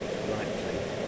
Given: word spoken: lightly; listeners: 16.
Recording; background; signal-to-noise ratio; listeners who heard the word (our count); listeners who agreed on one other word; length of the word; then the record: one English word in noise, from a listening test; speech-shaped noise; -5.0 dB; 3 of 16; 7 of 16; 0.68 s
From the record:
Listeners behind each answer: 7, 3, 2, 1, 1, 1, 1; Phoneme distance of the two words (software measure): 10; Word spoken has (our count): 2 syllables, 5 phonemes, stress on syllable 1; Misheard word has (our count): 2 syllables, 5 phonemes, stress on syllable 1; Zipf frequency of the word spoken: 3.80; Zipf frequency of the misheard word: 4.87